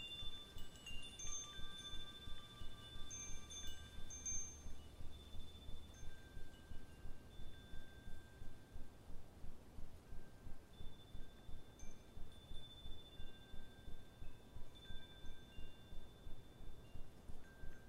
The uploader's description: sounds of nature featuring birds, gentle wind, and later chimes